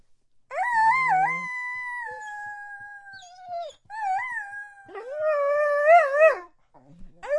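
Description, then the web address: Dog whining in long tonal cries, some wavering and some held steady, with short pauses between them. Dog begging. "DOGZ 1 breed dog-begs"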